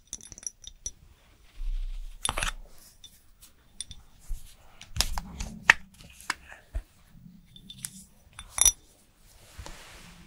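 Korean skincare routine handling sounds: irregular clicks, taps and small clinks of containers and lids, with sharp bright ticks around two, five and eight and a half seconds. Low soft rustles and rubbing come and go between the taps, with short quiet gaps.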